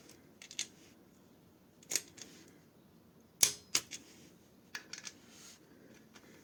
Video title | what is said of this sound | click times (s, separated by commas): Comment faire la vidange de sa moto tout seul. | vous avez entendu le le claque | 3.7 s